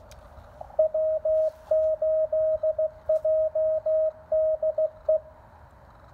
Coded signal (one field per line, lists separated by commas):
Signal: Morse code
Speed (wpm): 17 wpm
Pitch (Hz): 660 Hz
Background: radio noise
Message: W8JDE